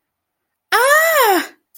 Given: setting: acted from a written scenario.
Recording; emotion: vocal sound without words; positive surprise